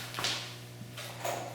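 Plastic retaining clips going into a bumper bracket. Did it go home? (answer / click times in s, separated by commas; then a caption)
no / none. Gray plastic retaining clips, bought from RockAuto, are placed into two slots on the plastic bumper bracket of a Nissan Frontier during a chrome-to-painted bumper swap. Short handling taps and rustles are heard around 0.2 s and 1.0 s over a steady low hum. Nothing has clicked or seated yet, as the bracket has not been pushed in.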